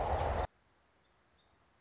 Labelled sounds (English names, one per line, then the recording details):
Song Sparrow
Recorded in Sonoma County, California